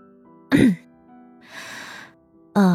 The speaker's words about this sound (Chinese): 秦冉咳了一声，他清了清嗓子，转了话题。